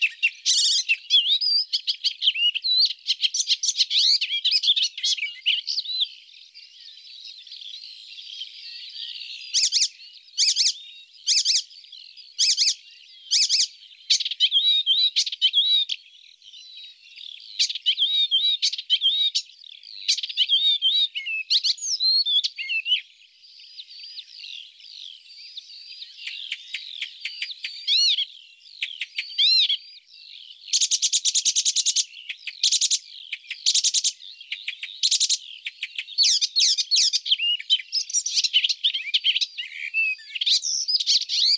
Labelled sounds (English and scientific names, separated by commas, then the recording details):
Icterine Warbler (Hippolais icterina) song
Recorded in the wild
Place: Ahlenmoor, Schleswig-Holstein, DE
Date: 1984-06-05
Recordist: Schwarz, Dieter
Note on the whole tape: Song